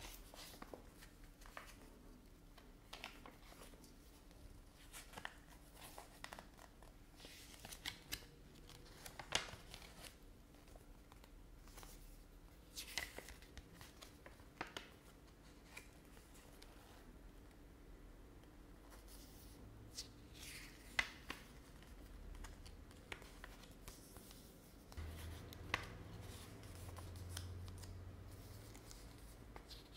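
Long nails tap and scratch on various objects in quick, irregular clicks and brief rasps, over a low steady hum that deepens near the end.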